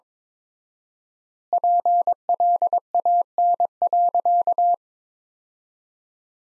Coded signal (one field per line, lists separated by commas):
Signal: Morse code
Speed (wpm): 22 wpm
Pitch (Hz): 700 Hz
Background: none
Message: PLAN.